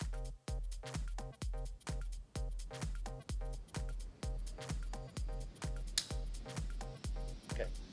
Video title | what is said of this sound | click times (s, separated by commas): Predator Control On The Homestead E17 TRAPS | that that click OK | 6.0 s